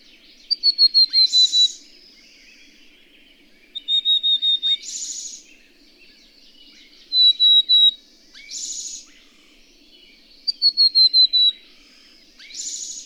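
Bird song of rapid high whistled note runs, each answered by a buzzy burst, repeated about every three seconds over a soft low hum.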